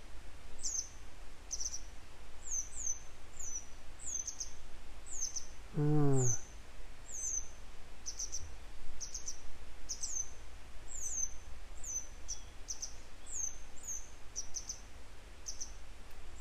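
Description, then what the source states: Grey wagtail giving thin, high, down-slurred call notes, repeated steadily throughout; a single low harmonic sound midway over a constant low rumble. A pair still searching for their young today; follow-up to an earlier recording.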